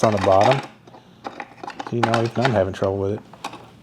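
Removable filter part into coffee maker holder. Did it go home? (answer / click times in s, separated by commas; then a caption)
no / none. Someone talks while handling a removable plastic filter part, struggling to push it into its holder on a DeLonghi TrueBrew Automatic Coffee Maker. Brief handling taps and knocks are heard around 1.3–1.8 s and at 3.5 s. The clip ends before the part goes in, so nothing has seated or clicked yet.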